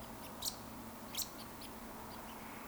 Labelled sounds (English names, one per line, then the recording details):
Eurasian Woodcock
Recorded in Baden-Württemberg, Germany, on 16 June 2020 at 20:34 UTC
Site 14569, 102 m above sea level